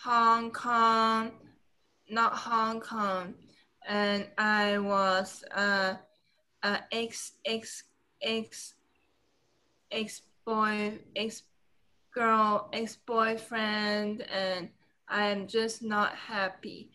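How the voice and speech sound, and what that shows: An adult woman speaks haltingly, with long pauses, a filled 'uh', a word repeated four times and searching substitutions before reaching the intended word. This nonfluent word-finding pattern fits aphasia after a traumatic brain injury.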